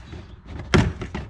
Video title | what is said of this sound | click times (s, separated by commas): Sequential tail light install on my GT500 | And then you'll see that snaps back in place. | 0.7 s